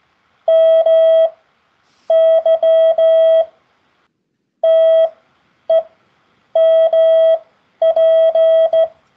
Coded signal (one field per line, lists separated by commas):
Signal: Morse code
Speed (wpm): 15 wpm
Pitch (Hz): 650 Hz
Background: none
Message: MY TEMP